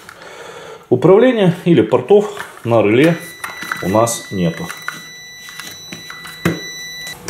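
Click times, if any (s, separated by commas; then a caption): 6.5 s, 7.3 s. Someone talks while prying up the snap-fit plastic bottom cover of a Tuya Zigbee/WiFi 433 MHz smart relay with dry contacts; a steady high tone hums underneath. Sharp plastic snaps at 6.5 s and 7.3 s mark the cover popping off its latches, releasing it from the case.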